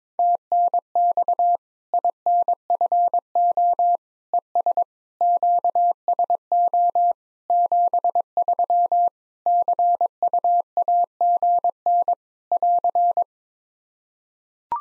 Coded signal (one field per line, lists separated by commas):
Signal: Morse code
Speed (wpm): 22 wpm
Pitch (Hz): 700 Hz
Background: none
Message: TNX INFO ES QSO 73 CUAGN <AR>